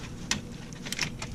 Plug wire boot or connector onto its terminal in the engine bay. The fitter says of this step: did it snap in place yeah okay